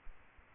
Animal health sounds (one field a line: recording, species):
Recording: mosquito wingbeat signal from an infrared sensor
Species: Aedes aegypti